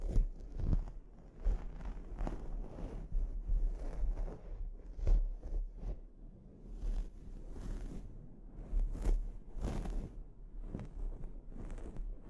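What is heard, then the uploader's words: Dry scratching and brushing strokes from a scalp treatment repeat irregularly every second or so over a faint low hum. ASMR Sleep Inducing Scalp Treatment (No Talking).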